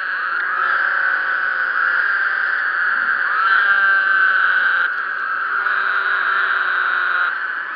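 Woodhouse's toads calling together in a chorus, a steady buzzy drone of overlapping nasal trills.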